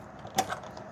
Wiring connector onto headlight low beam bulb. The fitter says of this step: grab your black connector, push it till it clicks.